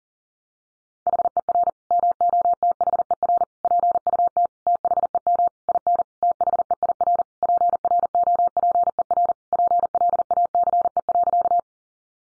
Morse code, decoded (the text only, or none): HER MOTHER PUT THEM IN THEIR PROPER PLACE.